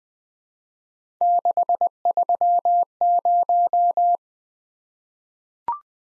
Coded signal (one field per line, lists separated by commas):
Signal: Morse code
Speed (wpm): 20 wpm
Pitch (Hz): 700 Hz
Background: none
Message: 630